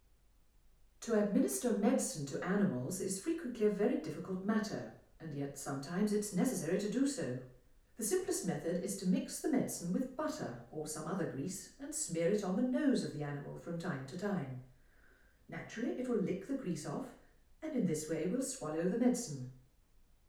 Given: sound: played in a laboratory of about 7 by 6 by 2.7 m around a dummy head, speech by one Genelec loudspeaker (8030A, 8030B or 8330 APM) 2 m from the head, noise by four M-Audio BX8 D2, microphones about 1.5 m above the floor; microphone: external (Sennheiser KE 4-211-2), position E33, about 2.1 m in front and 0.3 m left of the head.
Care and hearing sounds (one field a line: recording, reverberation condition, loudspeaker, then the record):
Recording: female speech in English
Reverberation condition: medium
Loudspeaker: 150 degrees to the left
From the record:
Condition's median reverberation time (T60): about 510 ms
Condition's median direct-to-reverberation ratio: about -0.5 dB